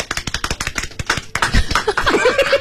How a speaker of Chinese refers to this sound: 对的，另外我们特别感谢天津玉扁国健生物科技有限公司对本节目的大力支持，所有人鼓掌。